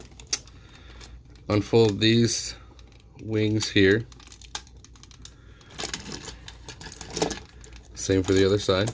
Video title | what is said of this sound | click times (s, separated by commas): Fanstoys Ft-42 Hunk | you'll hear a little click when it's all the way okay | 0.3 s